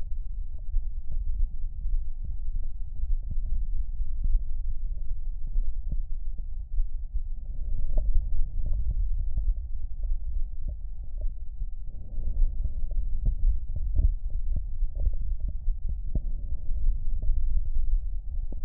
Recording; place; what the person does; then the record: lung sounds by stethoscope; left anterior apical chest; quiet breathing, then deep breathing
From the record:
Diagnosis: asthma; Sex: female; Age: 72 years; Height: 160 cm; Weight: 63.4 kg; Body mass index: 24.8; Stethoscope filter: extended mode